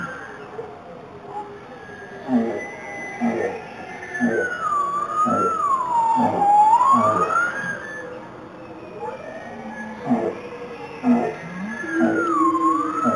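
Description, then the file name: Bowhead whale calls: irregular pulsed grunts and rasps mixed with sweeping tonal moans, including a high warbling tone that rises and falls mid-sequence. "Grenlandskiy kit (Balaena mysticetus)"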